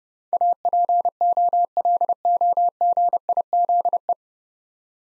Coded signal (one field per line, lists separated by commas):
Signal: Morse code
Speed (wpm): 30 wpm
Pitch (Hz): 700 Hz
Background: none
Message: APOLOGIZE